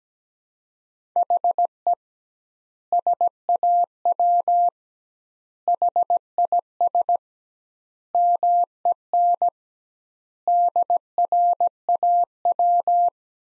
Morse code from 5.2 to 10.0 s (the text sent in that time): HIS MEN